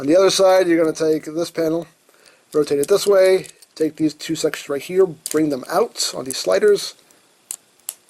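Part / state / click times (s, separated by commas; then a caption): plastic slider sections on a transforming action figure / seated / 7.5 s, 7.9 s. Someone talks while two plastic sections of a transforming action figure are pulled out along their sliders. Two sharp snaps at 7.5 s and 7.9 s mark the sections clicking into place.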